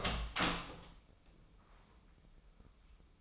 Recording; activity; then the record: daily activity, microphone in the room; open door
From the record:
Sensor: 1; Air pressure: 996.1 hPa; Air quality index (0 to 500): 61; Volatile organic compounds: 3 ppm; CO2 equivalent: 1497 ppm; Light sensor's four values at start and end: 14/33/14/16 and 14/33/14/16